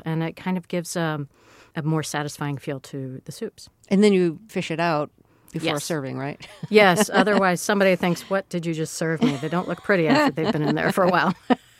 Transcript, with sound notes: and it kind of gives a more satisfying feel to the soups.
And then you fish it out...
Yes.
...Before serving, right (laughter)?
Yes, otherwise somebody thinks, what did you just serve me? They don't look pretty after they've been in there for a while.